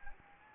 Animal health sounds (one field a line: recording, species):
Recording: mosquito wingbeat signal from an infrared sensor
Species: Anopheles gambiae